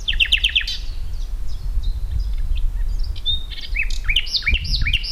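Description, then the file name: Common nightingale song: a quick stutter of bright notes, then varied whistles ending in a string of looping, repeated phrases, with low rumble beneath. "Luscinia megarhynchos"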